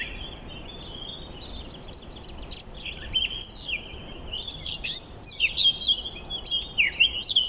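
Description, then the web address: Eurasian blackcap warble, soft at first, then bright, quick high notes and sharp chips grow louder and busier toward the end. "SETE Sylvia atricapilla"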